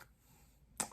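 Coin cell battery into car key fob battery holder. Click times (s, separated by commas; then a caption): 0.8 s. A new coin cell battery, lined up the same way as the old one, is pressed back into its holder in a BMW F30 car key fob. After a quiet stretch, one sharp click is heard at 0.8 s, followed by a faint tick. The battery is seated.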